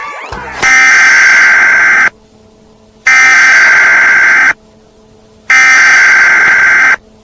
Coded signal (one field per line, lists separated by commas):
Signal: Emergency Alert System (SAME) tones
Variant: header bursts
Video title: Scott makes a fake emergency alert system and gets grounded